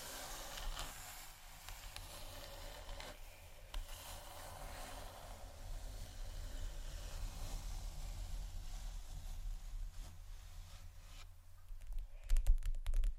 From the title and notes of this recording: ASMR Tap & Scratch On Table Surfaces （No Talking）.